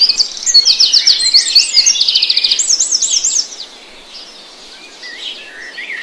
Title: The sound of birdsong in the grass in the morning